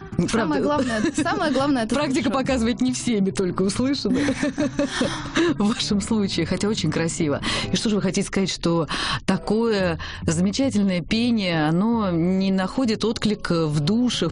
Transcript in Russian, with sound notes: Самое главное – это душа.
Практика показывает, не все мы только услышаны. (все смеются) В вашем случае. Хотя очень красиво. И что же вы хотите сказать? Что такое замечательное пение не находит отклика в душах?